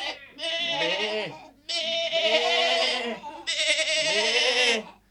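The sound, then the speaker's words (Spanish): Goats grazing in a meadow bleat in three long, loud, wavering cries, each a strained nasal call lasting over a second, with short gaps between them and no talking. “No mucho más lejos vio a unas cabras paciendo en un prado y oyó la voz de la reina de las hormigas que se quejaba de los destrozos que hacían las cabras con las patas en su nido.”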